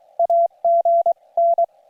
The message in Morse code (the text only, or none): AGN